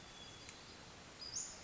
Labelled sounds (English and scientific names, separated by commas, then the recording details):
Western Flycatcher (Empidonax difficilis)
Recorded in Sonoma County, California